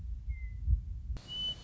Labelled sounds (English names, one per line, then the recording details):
Western Meadowlark
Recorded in Sonoma County, California